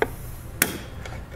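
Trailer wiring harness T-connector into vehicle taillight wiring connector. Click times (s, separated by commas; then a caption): 0.6 s. A Curt T-connector trailer wiring harness is plugged into the taillight wiring connector of a 2017 Nissan Quest. A faint tap comes first, then a sharp, bright click at 0.6 s as the connector locks into place, followed by a softer tick near 1.1 s.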